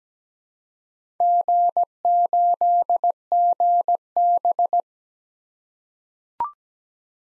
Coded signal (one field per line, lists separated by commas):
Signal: Morse code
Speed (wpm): 17 wpm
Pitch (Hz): 700 Hz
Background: none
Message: G8GB